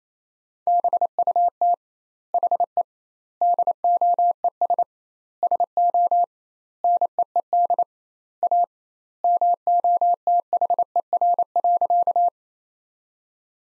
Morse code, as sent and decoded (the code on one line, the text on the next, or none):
-... ..- - / .... . / -.. --- . ... / ... --- / -. . . -.. / .- / -- --- - .... . .-. .-.-.-
BUT HE DOES SO NEED A MOTHER.